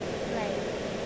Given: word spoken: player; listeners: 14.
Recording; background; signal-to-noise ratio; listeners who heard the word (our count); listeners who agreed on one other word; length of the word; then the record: one English word in noise, from a listening test; speech-shaped noise; -5.9 dB; 1 of 14; 7 of 14; 0.66 s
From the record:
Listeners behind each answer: 7, 3, 2, 1, 1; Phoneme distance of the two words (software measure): 10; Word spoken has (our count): 1 syllable, 4 phonemes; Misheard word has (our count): 1 syllable, 4 phonemes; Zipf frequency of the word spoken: 4.99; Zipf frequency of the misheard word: 4.58